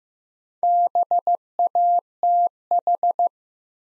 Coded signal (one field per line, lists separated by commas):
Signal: Morse code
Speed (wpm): 15 wpm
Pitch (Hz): 700 Hz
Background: none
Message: BATH